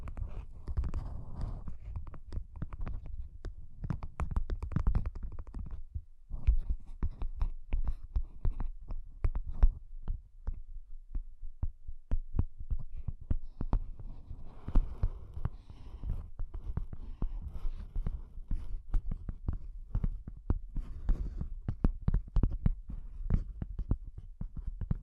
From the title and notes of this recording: ASMR Bassy and Soft Tapping Sounds.